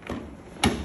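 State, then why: Released. An Arturo Stella office chair's backrest ratchet lock in the seat frame is pushed past its highest position, and a faint soft tap near 0.1 s is followed by a loud, thump-like click at 0.6 s. The lock releases, and the backrest goes all the way down again because the top position releases the locking.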